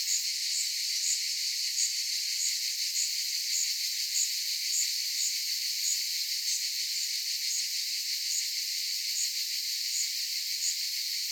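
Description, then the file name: Cicadas keep up an unbroken high, buzzing wall of sound, punctuated by short sharp repeated pulses. "Cicadas wide"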